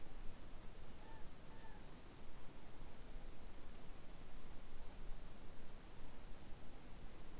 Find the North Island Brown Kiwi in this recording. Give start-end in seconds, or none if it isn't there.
none